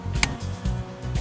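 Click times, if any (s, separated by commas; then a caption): 0.2 s. During a car seat installation, a car seat buckle or latch connector is pushed together into its mating receiver. One sharp click is heard at 0.2 s over a low steady hum, with softer broadband bursts around 0.7 s and 1.2 s. The buckle is confirmed seated and clicked together.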